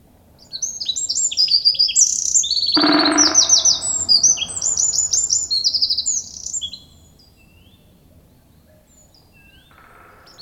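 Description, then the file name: Eurasian wren song, a long, energetic stream of high trills and rattling phrases lasting about six seconds, with one harsh noisy burst early on, then near quiet. "Troglodytes troglodytes"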